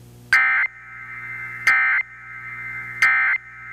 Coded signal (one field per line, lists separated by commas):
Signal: Emergency Alert System (SAME) tones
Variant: end-of-message bursts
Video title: Eas Fwd FFW on KGAF 1580am Eas#1517